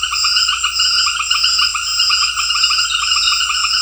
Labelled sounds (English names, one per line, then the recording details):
none
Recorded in secondary vegetation near Puerto Asís, Putumayo, Colombia, on 4 March 2025 at 18:30
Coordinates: 0.498, -76.327
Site G001